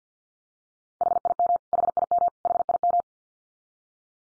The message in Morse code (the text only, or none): HIM HIM HIM